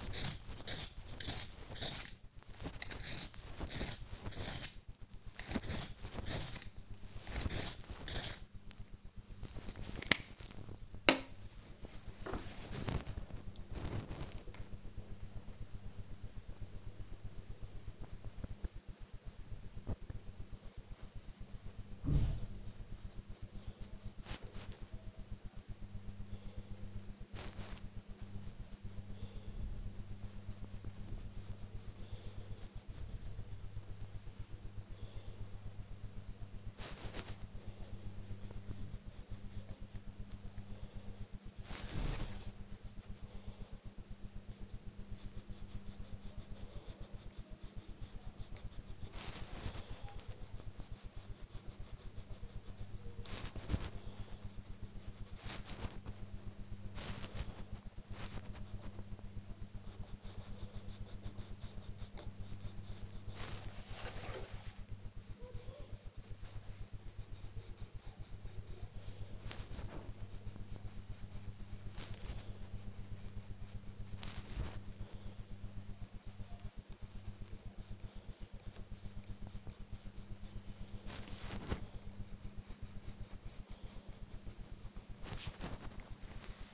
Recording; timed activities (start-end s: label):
household activities, microphone on the right wrist
0.00-86.73 s: drawing